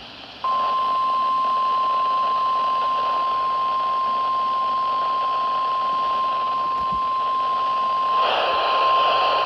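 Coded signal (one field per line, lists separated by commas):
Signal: Emergency Alert System (SAME) tones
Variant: 1050 Hz attention tone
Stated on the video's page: Required Weekly Tests on NOAA Weather Radio transmitters.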